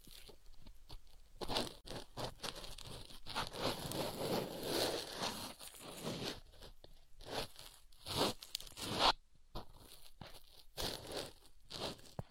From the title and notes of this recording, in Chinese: 姐姐抠耳朵催眠14（声控助眠）。